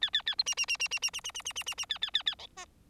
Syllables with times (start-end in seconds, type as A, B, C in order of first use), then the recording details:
0.01-0.10 A, 0.13-0.22 A, 0.26-0.35 A, 0.38-0.43 B, 0.46-0.55 C, 0.57-0.66 C, 0.68-0.77 C, 0.79-0.88 C, 0.91-0.99 C, 1.02-1.10 C, 1.13-1.20 C, 1.24-1.31 C, 1.34-1.42 C, 1.45-1.53 C, 1.55-1.63 C, 1.66-1.75 C, 1.77-1.85 C, 1.89-1.98 A, 2.01-2.11 A, 2.13-2.23 A, 2.26-2.35 A, 2.38-2.47 D, 2.56-2.65 E. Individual Bird4